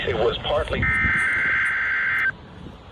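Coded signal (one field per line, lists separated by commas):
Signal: Emergency Alert System (SAME) tones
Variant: header bursts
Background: speech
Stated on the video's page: Required weekly test received on NOAA Weather Radio, 162.425 MHz, transmitter WWG90.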